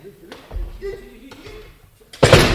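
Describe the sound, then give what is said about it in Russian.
A hatch to an underground cellar is forced open with a crowbar: a few dull low thuds under muffled voices, then a sudden loud, harsh crash bursts out at the end and keeps roaring. “Женщина, за дверь! За дверь! Демкевич, приготовь гранату! Есть граната! Ну давай! Открывай!”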